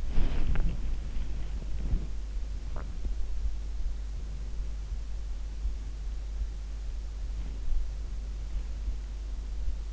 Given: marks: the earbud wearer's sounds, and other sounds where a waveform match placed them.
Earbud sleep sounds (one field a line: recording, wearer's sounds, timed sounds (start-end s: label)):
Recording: sounds in sleep by an in-ear microphone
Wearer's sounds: body movement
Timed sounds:
0.00-3.07 s: body movement